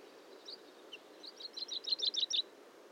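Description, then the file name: Common chaffinch song: a short run of bright, high notes that grows louder and quicker over about two seconds, ending abruptly, over a faint low background hiss. "Fringilla coelebs"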